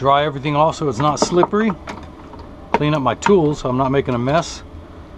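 A freshly cut non-prescription plastic lens is being handled for fitting into the plastic rim of a Ray-Ban 2132 New Wayfarer sunglass frame. Someone talks throughout, with a faint short tap around 2.3 s between phrases. Nothing has seated or snapped in yet.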